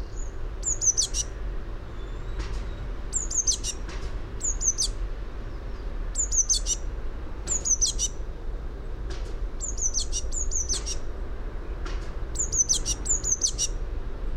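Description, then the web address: Eurasian blue tit repeating short, high, thin phrases with brief tinkling ends, about every second or so, with a low rumble underneath. "fugl b-mejse"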